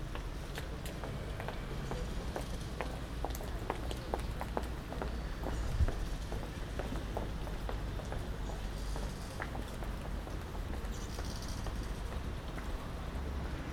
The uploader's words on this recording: 100 meter Den Haag/100 metres The Hague. A very dense recording with many different sounds. Recorded walking from the Grote Halstraat to the Torenstraat.